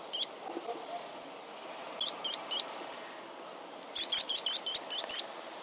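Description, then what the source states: Meadow pipit giving thin, high, sharp call notes: a single note, then a quick set of three, then a rapid run of about seven. Meadow pipit call, the call after which the pipit is named.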